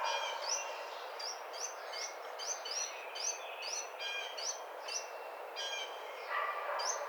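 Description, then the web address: Carolina wren song, a fast run of repeated bright phrases over a steady broad background hiss. Recorded April 30, 2009. "Carolina Wren 2009 04 30"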